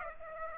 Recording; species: mosquito wingbeat signal from an infrared sensor; Aedes aegypti